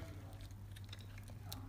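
A plastic battery housing cover is handled over a small battery pack after a boost board has been wired in. A steady low hum runs throughout under faint tapping and rustling handling noises, with one brief bright tap near 1.5 s. The cover has not snapped shut or seated yet.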